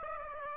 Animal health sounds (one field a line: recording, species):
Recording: mosquito wingbeat signal from an infrared sensor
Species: Aedes aegypti